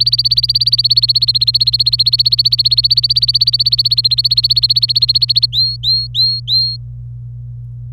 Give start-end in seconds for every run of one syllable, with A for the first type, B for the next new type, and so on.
0.00-5.46 A, 5.53-6.76 B